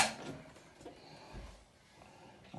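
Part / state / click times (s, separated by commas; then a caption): swivel seat on transfer bench frame / not seated / none. After the release lever is pressed, the padded swivel seat of a Platinum Health Carousel sliding shower transfer bench is rotated on its frame toward its locking position. Quiet, soft handling and low rumbling sounds are heard, with a brief louder burst at the very start and a rise near 2.5 seconds. The seat has not locked into place yet.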